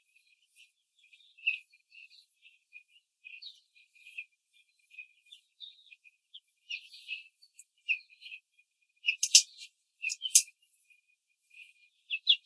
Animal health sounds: young laying hens in a cage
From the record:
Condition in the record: control cage, after the stress test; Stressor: none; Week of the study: 4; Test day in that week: 1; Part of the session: 4

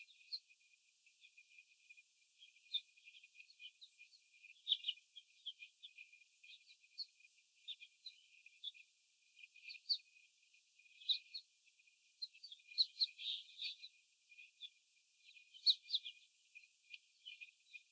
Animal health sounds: young laying hens in a cage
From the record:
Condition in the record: after the stressor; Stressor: simulated dog barking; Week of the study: 4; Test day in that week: 3

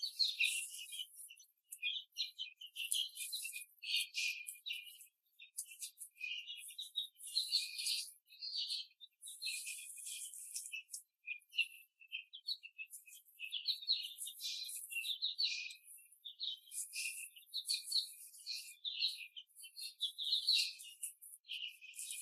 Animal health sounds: young laying hens in a cage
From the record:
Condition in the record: after the stressor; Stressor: simulated dog barking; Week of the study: 3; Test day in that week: 1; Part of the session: 1

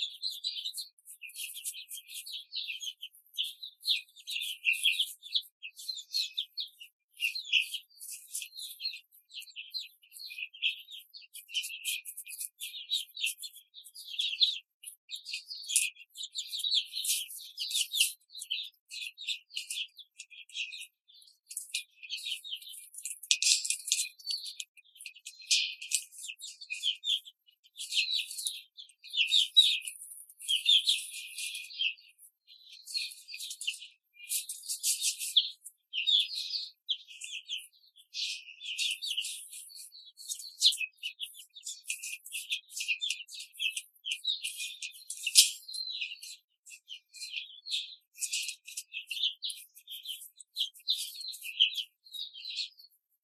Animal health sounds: young laying hens in a cage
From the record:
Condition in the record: control cage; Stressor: none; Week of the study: 5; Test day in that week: 1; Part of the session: 2

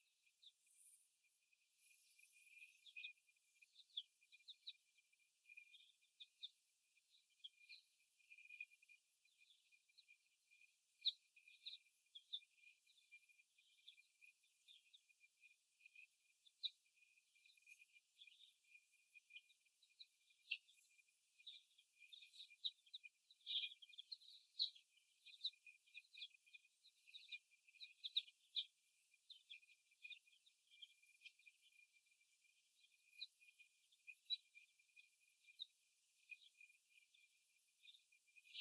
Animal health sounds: young laying hens in a cage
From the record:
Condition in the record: before the stressor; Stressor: simulated dog barking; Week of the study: 1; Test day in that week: 1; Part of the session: 4

